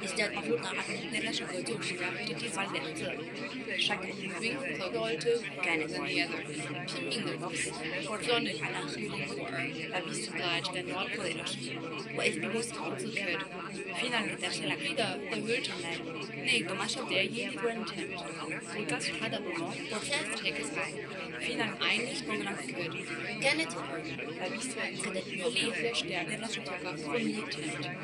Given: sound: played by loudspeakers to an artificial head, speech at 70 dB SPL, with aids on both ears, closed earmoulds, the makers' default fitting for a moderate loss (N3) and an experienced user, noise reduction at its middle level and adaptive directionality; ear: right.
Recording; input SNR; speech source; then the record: speech test signal (ISTS) in cocktail-party noise; -6 dB; in front (0 degrees)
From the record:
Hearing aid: class 2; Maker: C